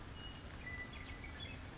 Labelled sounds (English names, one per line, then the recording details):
Western Meadowlark
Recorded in Sonoma County, California